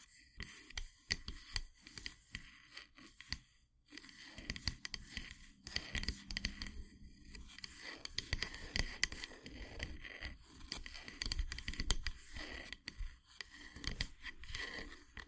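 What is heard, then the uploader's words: Wooden ASMR triggers: dense, irregular tapping and scraping clicks, with quick bursts of crisp snips and scratches throughout. A brief near-silence falls just before the fourth second, then the busy handling resumes, with soft rustles and faint breathy sounds underneath. ASMR Wooden Triggers 1hour（No Talking）.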